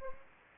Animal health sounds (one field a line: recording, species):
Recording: mosquito wingbeat signal from an infrared sensor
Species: Anopheles gambiae